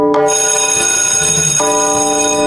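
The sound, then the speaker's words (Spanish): On the radio show Canto Maestro on FM Gráfica 89.3, a bell is struck once and rings out loudly, its bright, shimmering overtones sustaining steadily for a couple of seconds with no voices. “tocó la campana.”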